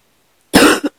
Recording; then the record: coughing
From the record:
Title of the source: 60 coughing still (deep and wet cough)